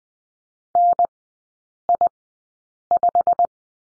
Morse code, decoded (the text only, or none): NI5